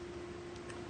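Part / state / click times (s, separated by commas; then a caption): circular twist-lock cable plug into its mating socket on a CNC machine / not seated / none. A labelled, keyed circular twist-lock cable plug is handled at its mating socket on a CNC router with a plasma and milling spindle ATC (0–18000 RPM, 3.2 kW). A steady low tone and broad background noise continue throughout with no sharp transients. Nothing has seated or clicked yet.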